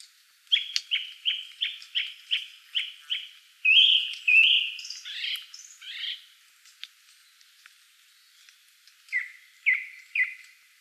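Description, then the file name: Song thrush song: a run of eight sharp repeated notes, then varied warbled and whistled phrases, ending with a short note repeated three times. Recorded 12 June 2013. "12 06 2013 Singdrossel"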